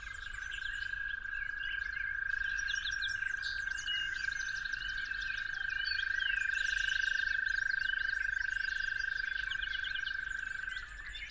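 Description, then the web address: Toads giving a long, steady high trill that runs throughout, with a busy chorus of birdsong chirps and whistles above it. Toads calling at dawn. "musicofnature Toads at Dawn"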